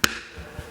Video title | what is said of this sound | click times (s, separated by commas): Fitting the NEW Wunderlich Toolbox to a BMW R1250GS Adventure | that your lock will click into place like so so it's completely in | 0.0 s